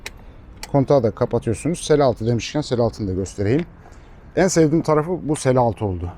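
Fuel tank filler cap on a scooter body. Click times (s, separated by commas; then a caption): 0.1 s. The tethered plastic fuel tank filler cap on the left side of a SYM Jet 14 Evo 200 Plus scooter's body, with a 7.2-liter tank, is pushed closed and snaps shut with a sharp click at 0.1 s. A second short tick follows at 0.6 s, then someone talks for the rest of the clip.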